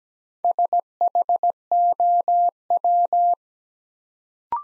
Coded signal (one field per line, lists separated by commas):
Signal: Morse code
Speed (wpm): 17 wpm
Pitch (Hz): 700 Hz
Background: none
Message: SHOW